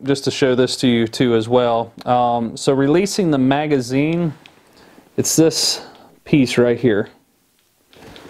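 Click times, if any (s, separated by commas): 8.2 s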